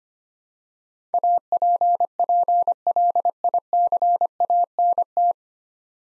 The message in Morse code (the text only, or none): APPLICANT